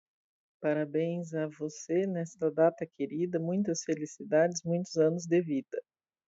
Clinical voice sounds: short text; Brazilian Portuguese; female; 40 to 49 years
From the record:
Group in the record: control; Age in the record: 47 years

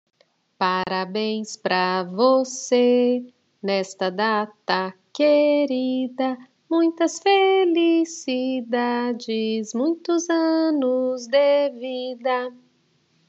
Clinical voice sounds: short text; Brazilian Portuguese; female; 40 to 49 years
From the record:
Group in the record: control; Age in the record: 45 years

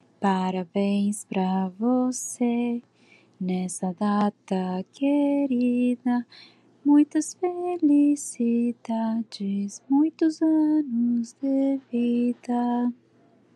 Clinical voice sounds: short text; Brazilian Portuguese; female; 20 to 29 years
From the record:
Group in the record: control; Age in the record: 28 years

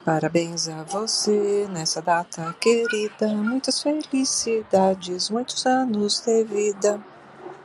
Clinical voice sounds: short text; Brazilian Portuguese; female; 60 to 69 years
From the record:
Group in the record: control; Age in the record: 60 years

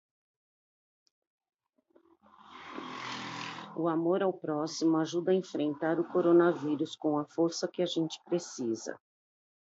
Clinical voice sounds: spoken sentence; Brazilian Portuguese; female; 50 to 59 years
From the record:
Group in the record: control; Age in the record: 53 years

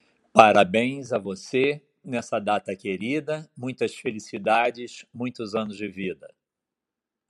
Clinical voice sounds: short text; Brazilian Portuguese; male; 60 to 69 years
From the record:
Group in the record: control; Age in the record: 68 years

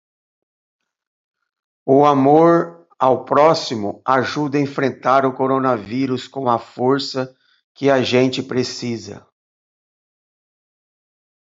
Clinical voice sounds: spoken sentence; Brazilian Portuguese; male; 50 to 59 years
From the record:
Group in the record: control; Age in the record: 51 years

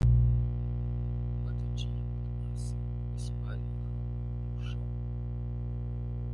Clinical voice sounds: short text; Brazilian Portuguese; female; 60 to 69 years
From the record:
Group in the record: control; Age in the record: 65 years

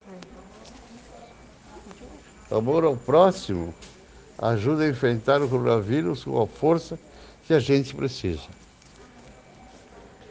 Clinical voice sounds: spoken sentence; Brazilian Portuguese; male; 70 to 79 years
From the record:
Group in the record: respiratory insufficiency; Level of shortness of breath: 5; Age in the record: 74 years

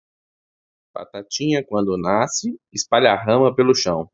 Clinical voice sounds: short text; Brazilian Portuguese; male; 30 to 39 years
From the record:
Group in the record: control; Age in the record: 35 years

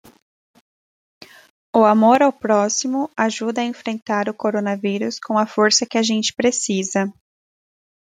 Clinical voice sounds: spoken sentence; Brazilian Portuguese; female; 20 to 29 years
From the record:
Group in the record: control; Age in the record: 26 years

